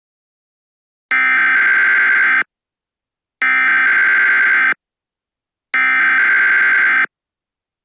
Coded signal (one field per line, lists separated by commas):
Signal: Emergency Alert System (SAME) tones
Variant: header bursts